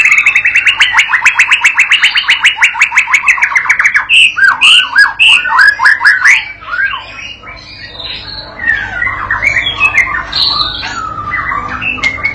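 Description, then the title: White-rumped shama song: a fast run of repeated buzzy notes for four seconds, then varied whistled phrases sliding up and down. Master lure song used to train a young shama (murai batu paud) to sing gacor and prompt it to answer at once. "MURAI BATU PAUD BELAJAR GACOR, AJARI DENGAN MASTERAN PANCINGAN INI, PANCING LANGSUNG NYAUT"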